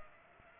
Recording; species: mosquito wingbeat signal from an infrared sensor; Culex pipiens